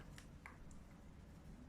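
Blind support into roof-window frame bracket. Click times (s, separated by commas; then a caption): 0.5 s. A blind support for a VELUX heat-blocking blind is slid all the way to the end of its bracket in the roof-window frame and snaps home with a sharp click at 0.5 s. Fainter ticks come just before and after it, and the support is seated.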